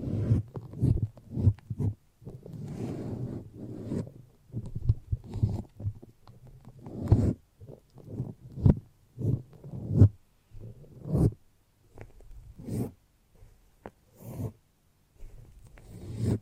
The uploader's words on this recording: ASMR The Foamiest and Stickiest Brain Massage (No Talking).